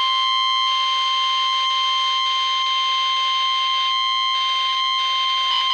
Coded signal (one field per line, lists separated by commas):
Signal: Emergency Alert System (SAME) tones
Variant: 1050 Hz attention tone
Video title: Lightning footage at night, and Real EAS #374 - SVA